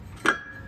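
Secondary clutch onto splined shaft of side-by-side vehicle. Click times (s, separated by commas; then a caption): 0.3 s. The secondary CVT clutch of a Kawasaki Ridge side-by-side is turned on its splined, keyed shaft until it slides into place. A single sharp metallic click at 0.3 s rises above a low background hum and leaves a brief ringing tone. The clutch locks in and is seated.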